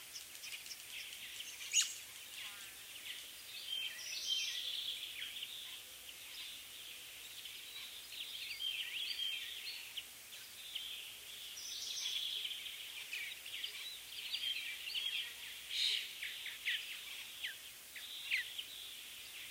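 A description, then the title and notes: Chirping birds and buzzing cicadas on a summer sunrise, forming a dense, steady wash of high chatter. Brighter chirps and short trills stand out every few seconds, with sharper calls near 2, 4.5, 12 and 16 seconds over a faint low hum. Summer Morning Birds & Bugs. Mourning doves, cicadas, and chirping birds during a July sunrise.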